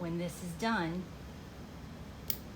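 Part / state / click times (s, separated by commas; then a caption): needle retracting into its safety housing on a blood collection device / seated / 2.3 s. Someone talks briefly, then after the blood draw the safety mechanism on a blood collection needle is activated, and a sharp click sounds at 2.3 s. The needle retracts fully into its plastic housing and locks in place.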